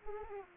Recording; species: mosquito wingbeat signal from an infrared sensor; Anopheles arabiensis